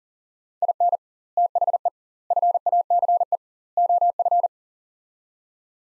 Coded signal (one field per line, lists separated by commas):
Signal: Morse code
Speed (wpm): 40 wpm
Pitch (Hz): 700 Hz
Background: none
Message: IN THE FACE OF